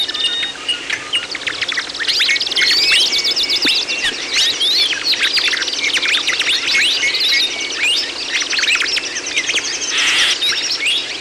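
Birds singing in a dense chorus, many overlapping high chirps, trills and quick rising and falling whistles running continuously throughout.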